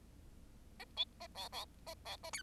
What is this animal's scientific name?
Lonchura striata domestica